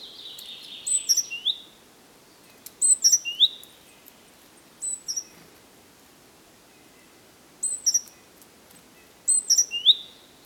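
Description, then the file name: Great tit calls: clusters of sharp, very high chirping notes, each with a drawn-out tail, repeated in bursts roughly every two seconds, with a faint hiss underneath. "Parus major"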